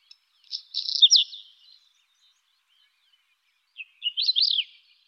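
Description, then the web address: European stonechat song: a short scratchy, twittering phrase of quick jumbled notes, then silence, then a second similar squeaky, warbling phrase a few seconds later. "IVN Zangvogels. Roodborsttapuit"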